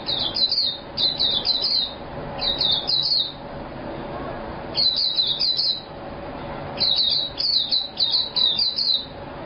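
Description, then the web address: White-eye uttering high, sweet twittering chirps in short clustered bursts separated by pauses, with a soft steady hiss underneath. "white eye bird call"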